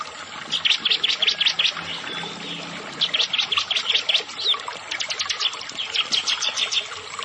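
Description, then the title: Prinia song: rapid series of clipped high notes in uneven runs, over steady background hiss. "Ciblek Sawah"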